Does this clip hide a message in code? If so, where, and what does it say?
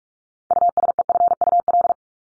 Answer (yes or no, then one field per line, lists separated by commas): yes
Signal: Morse code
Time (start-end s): 0.5-1.9 s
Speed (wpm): 44 wpm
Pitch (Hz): 700 Hz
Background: none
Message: USEFUL